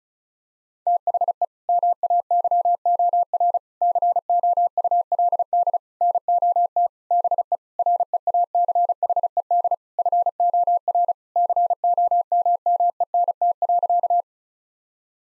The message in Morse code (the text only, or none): THE MAYOR COULD NOT BE REACHED FOR COMMENT.